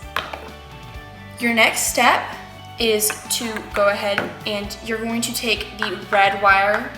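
A plastic battery box lid is put back on over the batteries and pressed until it snaps into place, with a sharp click at 0.2 s. Someone then talks for the rest of the clip.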